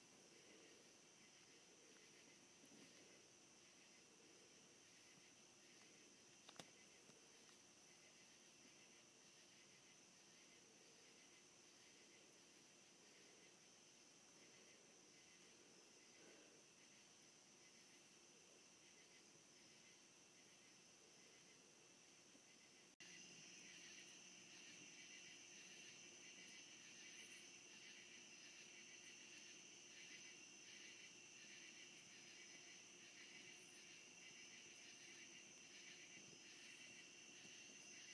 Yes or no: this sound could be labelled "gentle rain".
no